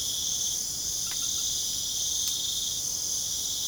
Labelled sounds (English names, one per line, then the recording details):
none
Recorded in pastures near Puerto Asís, Putumayo, Colombia, on 29 June 2025 at 21:00
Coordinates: 0.497, -76.327
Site G040